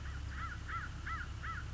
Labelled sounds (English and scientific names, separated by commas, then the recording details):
American Crow (Corvus brachyrhynchos)
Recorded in Sonoma County, California